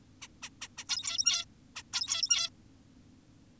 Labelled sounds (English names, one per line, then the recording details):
Zebra Finch
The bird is an adult
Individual g17y2U